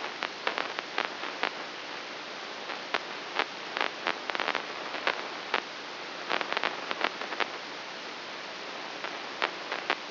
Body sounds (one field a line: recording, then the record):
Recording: brain microelectrode recording played as sound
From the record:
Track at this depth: inside the subthalamic nucleus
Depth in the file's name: 0.606 mm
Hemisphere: right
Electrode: 3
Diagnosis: Parkinson's disease